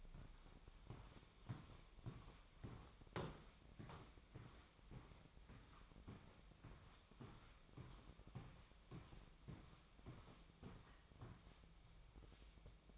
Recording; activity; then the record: daily activity, microphone in the room; walk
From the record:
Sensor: 1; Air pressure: 1001.6 hPa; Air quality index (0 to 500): 222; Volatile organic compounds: 30 ppm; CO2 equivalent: 2960 ppm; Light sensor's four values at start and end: 9/32/11/13 and 9/32/11/13